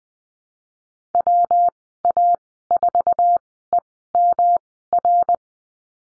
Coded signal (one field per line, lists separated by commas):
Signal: Morse code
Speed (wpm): 19 wpm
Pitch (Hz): 700 Hz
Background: none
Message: WA4EMR